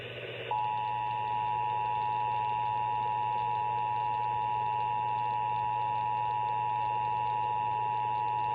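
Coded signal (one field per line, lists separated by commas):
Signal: Emergency Alert System (SAME) tones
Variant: 853 and 960 Hz attention tone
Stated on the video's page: Nationwide EAS test received off-air on AM 670.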